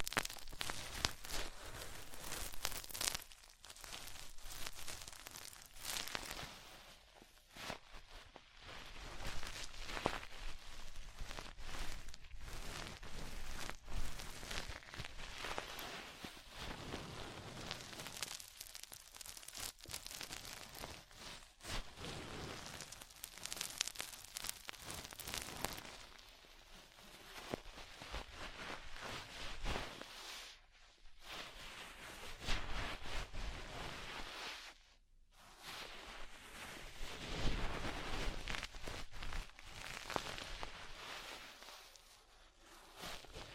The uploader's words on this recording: ASMR Deep Ear Cleaning Session. (No Talking).